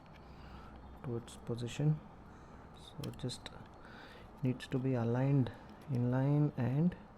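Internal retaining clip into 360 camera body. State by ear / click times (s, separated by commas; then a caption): not seated / none. During a lens replacement on an Insta360 X3 camera, after its four screws are fitted, an internal plastic retaining clip is lined up to be pressed back into the camera body while someone talks. Nothing has clicked or seated yet by the end of the clip.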